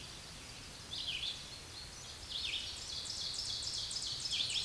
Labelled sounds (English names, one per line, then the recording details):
Ovenbird song
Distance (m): 20 m
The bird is about level with the microphone
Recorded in a Pennsylvania forest on 16 May 2024 at 07:51
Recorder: AudioMoth, point MSD-2287
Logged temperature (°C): 11.2 °C
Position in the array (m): 149 m, 2 m